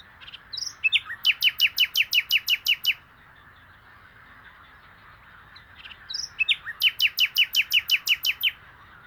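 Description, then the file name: Common nightingale song, two phrases that each open with a few varied notes and then run into a rapid, even series of loud sharp repeated notes, separated by a pause of about two and a half seconds. "Luscinia megarhynchos"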